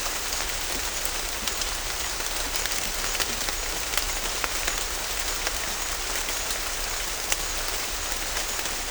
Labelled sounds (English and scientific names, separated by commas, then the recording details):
none
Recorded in dense forest near Puerto Asís, Putumayo, Colombia, on 18 December 2024 at 16:00
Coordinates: 0.500, -76.322
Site G053